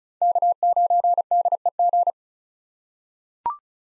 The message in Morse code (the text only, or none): K9DEG